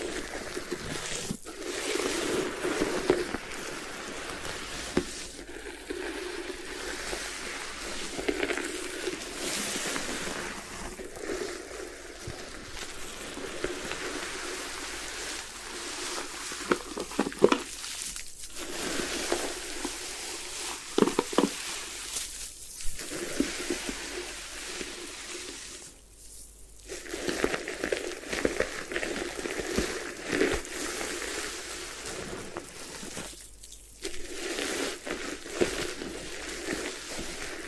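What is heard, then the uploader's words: A head spa hair wash with steady rustling, rubbing and scratching through the hair, dense and crackly across the whole clip. Brief pauses drop the sound out near 18, 22, 26 and 34 seconds before the scrubbing resumes, with occasional sharper clicks and taps. Head Spa Hair Wash, Massage, Ear Cleaning.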